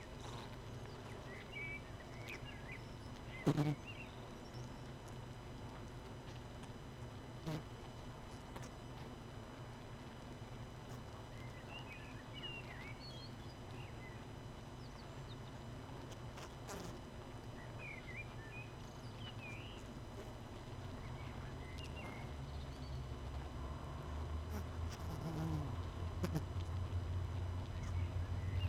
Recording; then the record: honeybee colony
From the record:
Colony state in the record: missing queen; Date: 31 May 2018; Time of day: 18:54